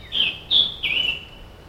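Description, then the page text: Scarlet tanager song: three short phrases, the last longer and drawn out, with a quiet background. Recorded in Maryland. "Maryland Biodiversity. Scarlet Tanager ( Piranga olivacea )"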